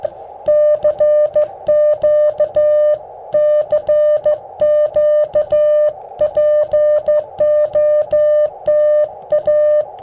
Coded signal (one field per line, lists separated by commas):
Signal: Morse code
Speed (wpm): 15 wpm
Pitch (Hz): 600 Hz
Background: music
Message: CQ CQ POTA